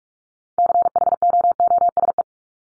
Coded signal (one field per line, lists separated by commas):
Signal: Morse code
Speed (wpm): 44 wpm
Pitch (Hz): 700 Hz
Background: none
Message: CHOOSE